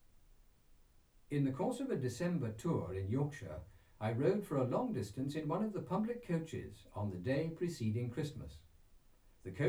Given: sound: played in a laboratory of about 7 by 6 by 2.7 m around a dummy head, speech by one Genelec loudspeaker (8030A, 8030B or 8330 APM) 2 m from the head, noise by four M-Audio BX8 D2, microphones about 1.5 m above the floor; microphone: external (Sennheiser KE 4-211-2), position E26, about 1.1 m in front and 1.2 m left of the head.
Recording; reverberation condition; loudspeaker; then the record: male speech in English; low; 120 degrees to the right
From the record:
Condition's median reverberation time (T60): about 310 ms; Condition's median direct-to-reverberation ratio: about 3.5 dB